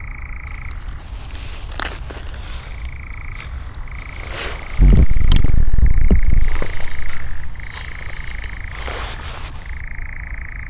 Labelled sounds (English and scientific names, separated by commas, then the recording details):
Eurasian Nightjar (Caprimulgus europaeus) song
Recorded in the wild
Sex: male
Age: adult
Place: Schönow, Naturpark Barnim, Brandenburg, DE
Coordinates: 52.6908, 13.5092
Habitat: meadow
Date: 2009-06-08 22:46
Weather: heiter, ca. 20 °C
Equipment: Sound Devices 702, Rode NT1-A Stereopaar
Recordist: Frommolt, Karl-Heinz